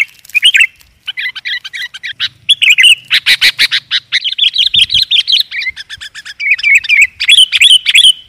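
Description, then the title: Lovebird chatter, dense rapid squeaky twittering with short sharp chirps and a brief rattling burst midway. Used as a lure sound for trapping birds. "PIKAT BURUNG LOVEBIRD"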